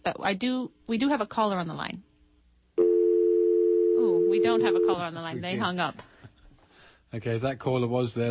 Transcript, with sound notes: But we do have a caller on the line. [phone ringing] Oh, we don't have a caller on the line. They hung up. Okay, that caller was there.